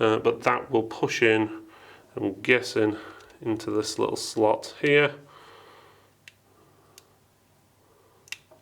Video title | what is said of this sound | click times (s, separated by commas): TP-Link Tapo C310 Review 💥 Outdoor Security Wi-Fi Camera - Night Vision - Motion Detection - Alarm | Yeah, it just pushes in, makes a little click noise once it's in, and that's it. | 8.3 s